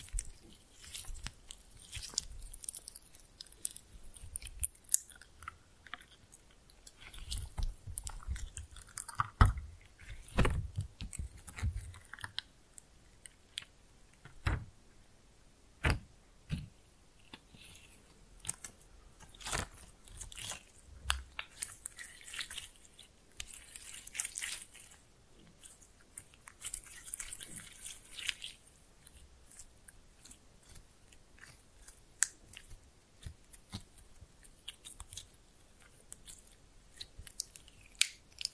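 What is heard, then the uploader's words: Slime being pressed and mixed, with dense, irregular sticky crackles and wet pops throughout. Sharp clicks cluster around 9–12 and 14–22 seconds, with occasional soft low thumps, while bright squelching surges rise and fall near 24–28 seconds. No voice is heard. Slime No Talking (Pressing and Mixing).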